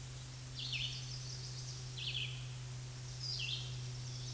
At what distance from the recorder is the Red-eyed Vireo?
about 10 m